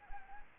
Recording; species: mosquito wingbeat signal from an infrared sensor; Anopheles arabiensis